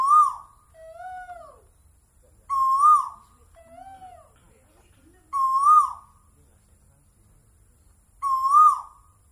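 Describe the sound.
Bird calls: a loud, harsh, arched note repeated about every three seconds, the first ones followed by softer, smooth, drawn-out two-tone whistles.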